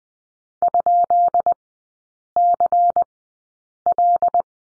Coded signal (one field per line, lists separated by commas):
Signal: Morse code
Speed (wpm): 20 wpm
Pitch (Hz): 700 Hz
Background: none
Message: ?CL